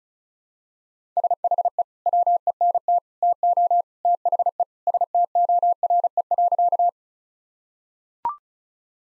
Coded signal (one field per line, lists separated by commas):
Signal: Morse code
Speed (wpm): 36 wpm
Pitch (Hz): 700 Hz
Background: none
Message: SHE WENT TO THE STORE.